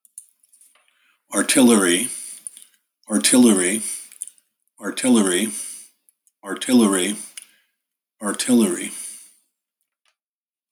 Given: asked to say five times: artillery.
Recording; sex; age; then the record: repeated word; male; 50 to 59 years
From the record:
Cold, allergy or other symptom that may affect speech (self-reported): no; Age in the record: 58 years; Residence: New York, United States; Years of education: 19